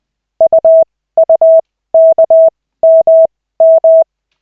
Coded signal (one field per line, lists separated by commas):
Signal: Morse code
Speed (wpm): 20 wpm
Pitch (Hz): 650 Hz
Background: none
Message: UUKMM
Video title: Koch 2/40, 11.12.2024, 4th CW practice session